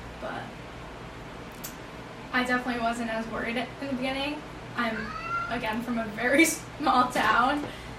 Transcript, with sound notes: But I definitely wasn't as worried at the beginning. I'm, [cat meow] again from a very small town.